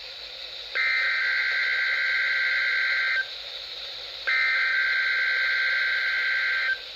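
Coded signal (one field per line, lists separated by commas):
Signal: Emergency Alert System (SAME) tones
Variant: header bursts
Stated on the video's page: Required weekly test on NOAA Weather Radio stations issued from the Mount Holly, NJ office.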